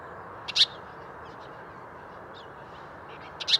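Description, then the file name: House sparrow giving short harsh chirps, a pair at the start and another pair at the end, with soft twitters and a constant low background hum. "Passer domesticus"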